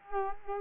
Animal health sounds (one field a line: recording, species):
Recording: mosquito wingbeat signal from an infrared sensor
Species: Culex quinquefasciatus